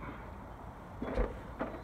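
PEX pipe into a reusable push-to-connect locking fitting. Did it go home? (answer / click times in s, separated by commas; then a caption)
no / none. A PEX water line is handled at a reusable SharkBite ProLock push-to-connect plumbing fitting, which locks by twisting its collar until it clicks. Over a steady low background hum, soft handling rustles and bumps come around 1.0 to 1.3 seconds and again near 1.6 seconds. The pipe has not seated and the fitting has not clicked yet.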